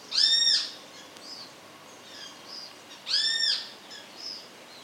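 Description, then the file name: Great kiskadee call: two loud, harsh, arched notes with rich harmonics, about three seconds apart, with faint softer chirps in between. Calling to its chicks. "Benteveo -Llamada-a-los-pichones"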